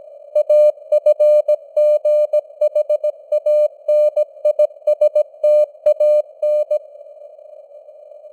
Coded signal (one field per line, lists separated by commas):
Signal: Morse code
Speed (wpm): 17 wpm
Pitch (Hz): 600 Hz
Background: none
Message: AFGHANISTAN